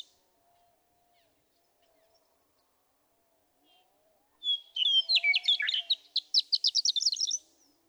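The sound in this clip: Western meadowlark song: one clear whistled note sliding into a rapid, bubbly, gurgling warble after a long quiet lead-in.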